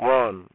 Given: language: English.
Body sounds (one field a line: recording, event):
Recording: throat vibration sensor signal played as sound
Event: speech